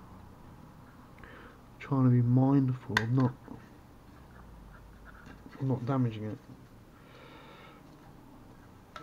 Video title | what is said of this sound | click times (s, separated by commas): Hubsan X4 H501S Quad-Copter Body Shell Swap Pt 2 | that's not all the way in | 9.0 s